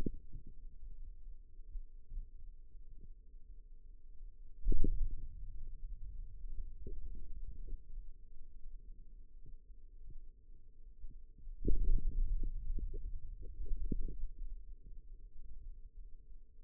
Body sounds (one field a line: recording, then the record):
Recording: forearm muscle sounds (acoustic myography)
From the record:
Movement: hand opening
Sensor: system 2, bracelet of six BSWA MPA416 microphones around the upper forearm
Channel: 4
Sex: male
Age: 22 years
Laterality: right